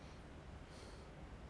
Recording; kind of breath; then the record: one breath in and out by a microphone near the nose and mouth; normal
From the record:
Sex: male